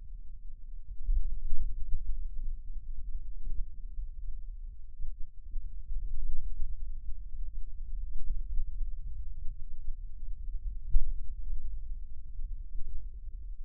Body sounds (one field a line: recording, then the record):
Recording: forearm muscle sounds (acoustic myography)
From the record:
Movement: hand closing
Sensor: system 2, bracelet of six BSWA MPA416 microphones around the upper forearm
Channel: 1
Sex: male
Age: 22 years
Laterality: right